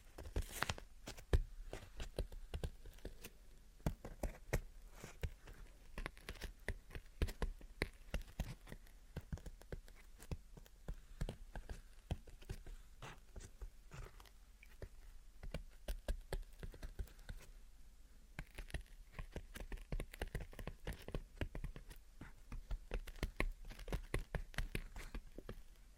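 Gentle tapping and scratching goes on for the whole clip, with quick, light clicks packed closely together at an uneven pace. The sounds are crisp and dry, some taps landing a little harder than others. A faint steady hum sits underneath.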